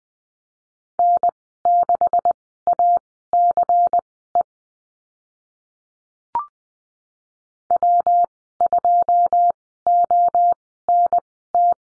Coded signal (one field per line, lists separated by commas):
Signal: Morse code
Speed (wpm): 20 wpm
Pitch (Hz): 700 Hz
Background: none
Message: N6ACE W2ONT